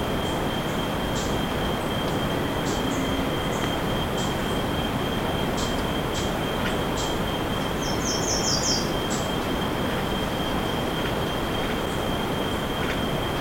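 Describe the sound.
Bird calls as scattered sharp ticks, then a short rapid trill of high notes near the middle, set against a steady whine and heavy low rumble.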